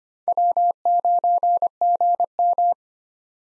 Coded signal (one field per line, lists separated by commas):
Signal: Morse code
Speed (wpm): 25 wpm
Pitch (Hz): 700 Hz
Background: none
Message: W9GM